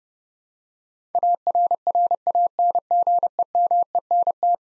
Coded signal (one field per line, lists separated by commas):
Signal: Morse code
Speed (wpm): 30 wpm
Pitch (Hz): 700 Hz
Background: none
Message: ARRANGEMENT